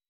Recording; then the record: hydrophone in a shrimp aquaculture tank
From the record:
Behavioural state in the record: weakened